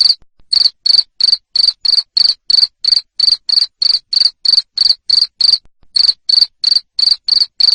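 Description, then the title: Cricket chirping loudly and rhythmically, quick repeated pulses broken by two short gaps. Loud cricket chirping used to stimulate lovebirds to sing continuously. "Suara JANGKRIK NGERIK Keras Bikin LOVEBIRD Jadi NGEKEK Terus"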